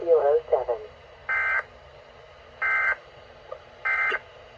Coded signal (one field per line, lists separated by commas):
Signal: Emergency Alert System (SAME) tones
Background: speech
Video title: Testing (EAS 496-498)